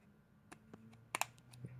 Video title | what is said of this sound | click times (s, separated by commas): My Unboxing of the New Nintendo 2DS XL | Hear that? And it just snaps in place, like so. | 1.1 s, 1.2 s